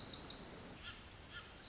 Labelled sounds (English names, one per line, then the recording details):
Pacific Wren
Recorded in Sonoma County, California